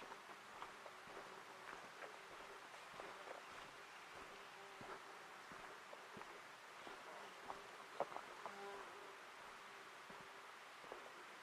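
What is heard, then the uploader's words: Forest ambience from the Ancient Forest Preserve in Portland, Oregon: a steady, soft hiss like light rain or rustling leaves fills the clip. Small ticks and pops land often and irregularly, with a faint hum drifting in and out and one sharper tap near eight seconds. Ancient Forest Preserve, a 40 acre non-contiguous annex to the 5200 acre Forest Park of Portland, Oregon, one of the largest urban parks in the US.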